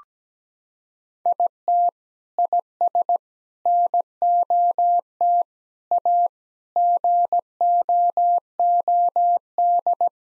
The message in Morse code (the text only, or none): IT IS NOT A GOOD